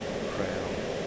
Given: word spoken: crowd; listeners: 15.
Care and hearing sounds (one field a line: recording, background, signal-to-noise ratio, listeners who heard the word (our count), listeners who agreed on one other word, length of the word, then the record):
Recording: one English word in noise, from a listening test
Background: speech-shaped noise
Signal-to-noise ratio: -4.5 dB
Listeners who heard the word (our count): 2 of 15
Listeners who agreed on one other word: 10 of 15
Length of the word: 0.67 s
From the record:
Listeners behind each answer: 10, 2, 2, 1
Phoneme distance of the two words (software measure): 10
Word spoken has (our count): 1 syllable, 4 phonemes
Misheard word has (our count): 1 syllable, 4 phonemes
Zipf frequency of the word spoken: 4.76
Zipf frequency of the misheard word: 4.53